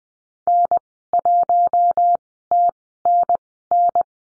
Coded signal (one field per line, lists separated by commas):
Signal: Morse code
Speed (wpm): 20 wpm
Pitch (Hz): 700 Hz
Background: none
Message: N1TNN